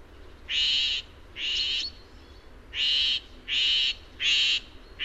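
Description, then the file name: Eurasian jay giving harsh, rasping screeches, six short bursts spaced irregularly, the last cut off. "Garrulus glandarius"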